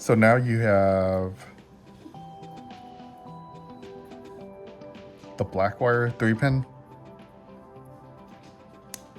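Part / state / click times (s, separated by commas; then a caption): 3-pin wiring connector into light kit controller harness / seated / 8.9 s. Someone talks while the black-wire 3-pin plastic connector of a headlight, tail light and horn light kit is pushed into its mating plug on the wiring harness of a Razor MX125 electric motorcycle with a 40V 350 watt motor, over quiet background music. One sharp click is heard at 8.9 seconds as the connector seats in place.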